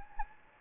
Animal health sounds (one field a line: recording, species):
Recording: mosquito wingbeat signal from an infrared sensor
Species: Anopheles gambiae